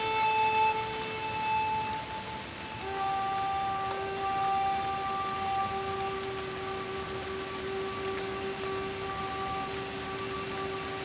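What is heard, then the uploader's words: Light rain falls in a steady, soft patter, with small scattered drop ticks throughout. A constant mechanical hum sits underneath, dropping slightly in pitch just before the three-second mark and holding there to the end. The light rain was recorded using my NT5 mics pointed out the window to pick up the sounds from the backyard.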